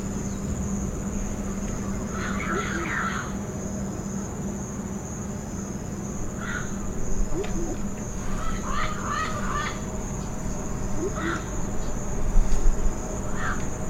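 Bird calls: scattered bursts of short chirps and twitters spaced several seconds apart, over an even low hum.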